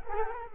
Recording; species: mosquito wingbeat signal from an infrared sensor; Culex quinquefasciatus